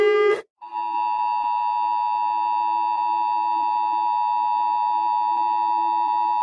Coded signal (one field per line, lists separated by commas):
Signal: Emergency Alert System (SAME) tones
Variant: 853 and 960 Hz attention tone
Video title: I slowed down EAS alarms